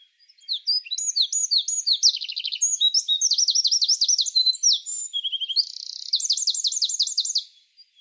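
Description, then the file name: Eurasian wren pouring out a long, loud song of sharp high notes, quick repeated phrases and buzzy trills, lasting about seven seconds. "Troglodytes troglodytes"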